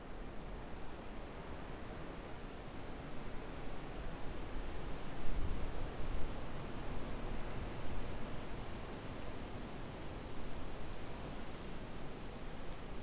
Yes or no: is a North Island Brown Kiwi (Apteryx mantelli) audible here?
no